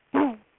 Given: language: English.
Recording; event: throat vibration sensor signal played as sound; throat clearing